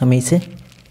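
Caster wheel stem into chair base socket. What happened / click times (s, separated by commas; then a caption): Handled, not yet home: chair caster wheel about to be pressed into base / none. A plastic caster wheel's stem is being handled at its socket in the star base of a Green Soul Monster Ultimate (T) GS-734U gaming chair, ready to be pressed in. Someone talks over the brief clip, and the sound fades out by about 0.9 seconds. Nothing has seated or clicked yet.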